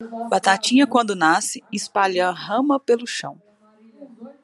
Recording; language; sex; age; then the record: short text; Brazilian Portuguese; female; 20 to 29 years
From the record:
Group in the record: control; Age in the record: 29 years